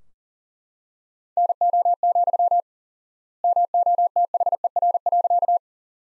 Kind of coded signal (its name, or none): Morse code